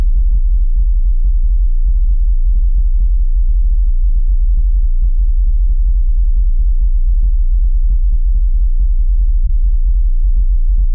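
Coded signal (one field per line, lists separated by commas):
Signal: PSK31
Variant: BPSK31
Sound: deep continuous low hum with rapid irregular ticking and fluttering throughout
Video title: BPSK31 digital mode on the ELF BAND - 29 hertz - test ELF RF over IP using OPUS CODEC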